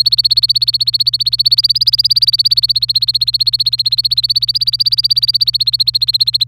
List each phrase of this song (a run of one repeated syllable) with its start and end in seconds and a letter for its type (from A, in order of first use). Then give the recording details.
0.00-6.44 A. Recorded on 26 April 2018 at 12:52. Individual llb3